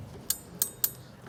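A CVT clutch sheave on an ATV is turned by hand to tighten a new drive belt. Sharp bright clicks ring out at 0.3, 0.6 and 0.8 seconds over a quiet background. The belt is tensioned and seated, and the clicks signal that the engine can be started.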